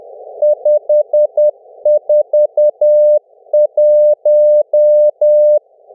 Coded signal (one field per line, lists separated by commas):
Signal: Morse code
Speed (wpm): 10 wpm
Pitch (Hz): 600 Hz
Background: none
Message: 541